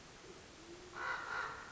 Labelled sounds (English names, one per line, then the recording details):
Band-tailed Pigeon
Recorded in Sonoma County, California